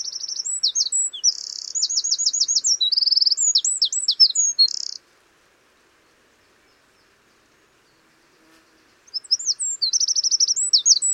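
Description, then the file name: Eurasian wren song: a loud, rapid, high outpouring of trills and sharp twittering notes for about five seconds, a pause, then the song starting again. "Troglodytes troglodytes"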